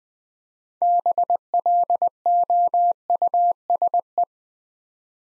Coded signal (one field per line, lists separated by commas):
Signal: Morse code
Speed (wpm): 20 wpm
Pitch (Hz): 700 Hz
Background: none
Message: BLOUSE